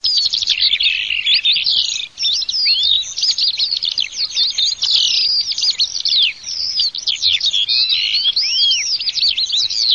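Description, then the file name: Eurasian skylark giving a continuous, rapid, high warbling stream of chirps, trills and slurred whistles with barely a pause through the whole stretch. "ALLODOLA"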